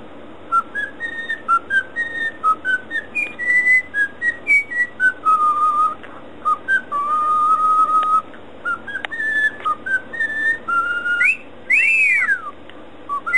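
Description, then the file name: Cockatiel whistling a long melody of many brief clear notes, with a held note midway and a final sharply rising-and-falling whistle. "siulan cockatiel"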